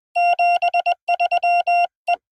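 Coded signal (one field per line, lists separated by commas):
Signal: Morse code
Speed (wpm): 21 wpm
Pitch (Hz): 700 Hz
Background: none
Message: 73 E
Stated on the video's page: Parks On The Air activation at a national wildlife refuge.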